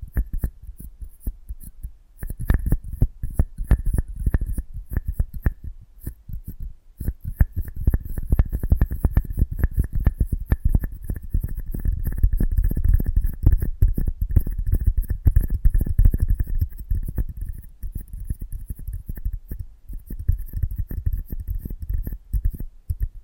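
Close-up ASMR mic treatment of dense scratching, tapping and crackling that swells in the middle, with brief quieter gaps near two and seven seconds.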